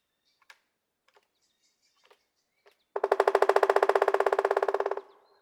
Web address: birdsongforthecurious. Pileated Woodpecker